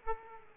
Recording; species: mosquito wingbeat signal from an infrared sensor; Aedes aegypti